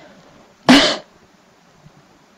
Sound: cough